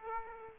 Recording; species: mosquito wingbeat signal from an infrared sensor; Aedes aegypti